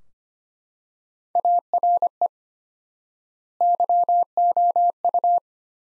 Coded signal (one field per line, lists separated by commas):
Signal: Morse code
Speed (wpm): 25 wpm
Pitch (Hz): 700 Hz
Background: none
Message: ARE YOU